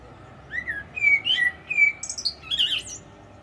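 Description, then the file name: Common blackbird song: a series of clear, mellow fluted notes followed by a quick cluster of high, thin chattering twitters. "Turdus merula"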